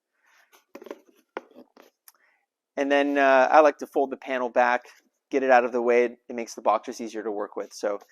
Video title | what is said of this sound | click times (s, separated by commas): How to fold our Single Open Style Shipping Insert | it down until you hear that lock there it is | 1.4 s